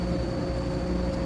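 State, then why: Not seated. A black wiring harness connector is handled near its socket on the transmission of a 2012 Toyota Prius C Three during a transmission replacement. Only a steady, even hum with faint constant tones is heard, with no sharp transients. Nothing has seated or clicked yet.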